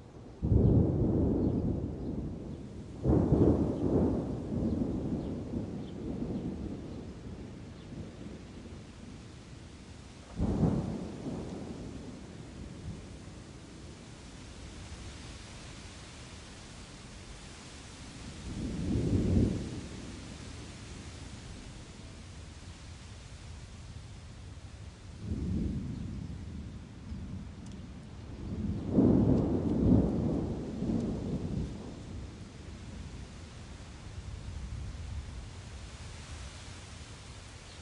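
Thunder rolls through a steady hiss of rain, with heavy low rumbles near the start, then single booms around 10, 19, 25 and 29 seconds. Between the claps the rain keeps up an even wash, and the deep rumble lingers and fades slowly after each one.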